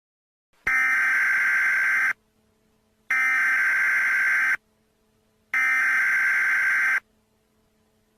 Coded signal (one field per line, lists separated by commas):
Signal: Emergency Alert System (SAME) tones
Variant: header bursts